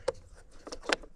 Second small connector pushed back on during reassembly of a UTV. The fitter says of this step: click here too